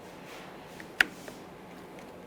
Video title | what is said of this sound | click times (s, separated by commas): How to Replace Front Exterior Door Handles 2015-2020 Ford F-150 | I heard an audible click from both of those. | 1.0 s